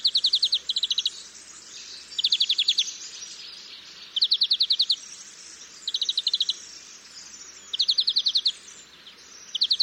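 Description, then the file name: European greenfinch calls: fast, even trill bursts repeated roughly every two seconds over a continuous high background hiss. "Chloris chloris"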